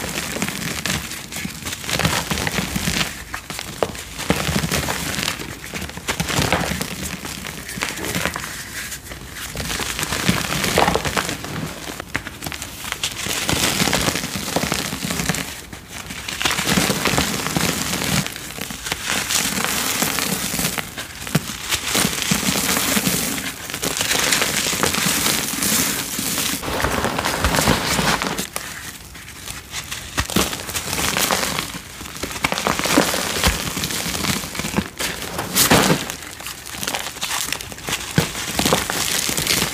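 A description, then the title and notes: Cornstarch being squeezed and crushed, a dense, crinkly crunching that comes in irregular bursts with brief pauses throughout. Random Cornstarch Crunchies Crushes.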